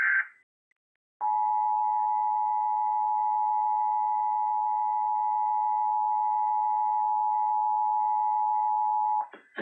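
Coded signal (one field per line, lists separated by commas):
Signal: Emergency Alert System (SAME) tones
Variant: 853 and 960 Hz attention tone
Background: music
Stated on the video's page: Required monthly test on an AM station, its HD radio signal, a TV station and a cable provider.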